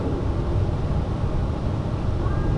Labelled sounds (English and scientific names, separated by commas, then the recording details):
none
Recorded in Germany
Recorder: ecoPi